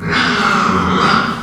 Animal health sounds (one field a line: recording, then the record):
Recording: squeal of a Yucatan mini pig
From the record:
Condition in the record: after surgery on the right vocal fold (resection and tissue-engineered implant)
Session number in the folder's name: 15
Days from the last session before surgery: 175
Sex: female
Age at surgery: 19 weeks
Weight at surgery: 25 kg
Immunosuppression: prednisolone